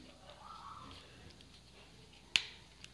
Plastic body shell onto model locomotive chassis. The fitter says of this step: right over in the shell if you will snap her into place there